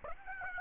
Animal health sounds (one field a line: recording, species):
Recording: mosquito wingbeat signal from an infrared sensor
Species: Aedes aegypti